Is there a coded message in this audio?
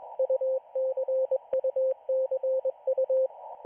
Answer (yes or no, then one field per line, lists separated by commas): yes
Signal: Morse code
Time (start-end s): 0.2-3.3 s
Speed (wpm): 21 wpm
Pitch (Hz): 520 Hz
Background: radio noise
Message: UCUCU